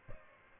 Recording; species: mosquito wingbeat signal from an infrared sensor; Aedes albopictus